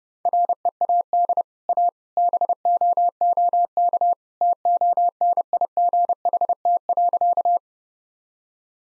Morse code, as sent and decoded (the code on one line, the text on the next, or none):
.-. . .- -.. / .- / -... --- --- -.- / - --- -. .. --. .... - .-.-.-
READ A BOOK TONIGHT.